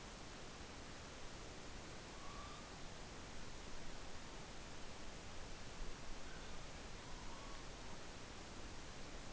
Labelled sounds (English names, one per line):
Morepork trill